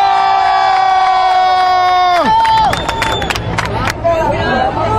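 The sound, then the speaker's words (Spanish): A crowd at a sexual and gender diversity celebration in the central plaza cheers and claps for those who dared to take this step, with sustained high-pitched shouts and whistles that drop off after about two seconds, followed by scattered claps and continued excited crowd noise. “Un aplauso para las que se animaron a dar este paso.”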